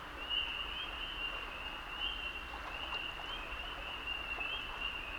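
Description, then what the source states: Toad chorus of overlapping trills, continuing without a break over a steady hiss of background noise. Male toads singing love songs from the water in a wetland hollow near a beaver dam; May 2018, height of spring, upstate New York.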